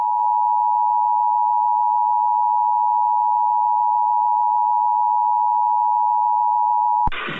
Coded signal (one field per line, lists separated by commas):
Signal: Emergency Alert System (SAME) tones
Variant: 853 and 960 Hz attention tone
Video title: EAS Scenario #5: Marsdan Ellis Harp’s Amber Alert (REAL)